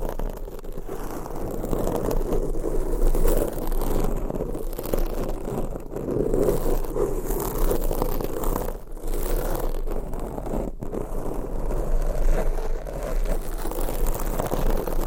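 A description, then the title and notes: Continuous scratching and rubbing against a microphone, dense and textured with a low, muffled rumble underneath. The scraping keeps an even, restless pace throughout, with brief dips in loudness near six, nine and eleven seconds before resuming. ASMR Mic Scratching - Brain Scratching Hypnotic Asmr No Talking for Sleep with Long Nails.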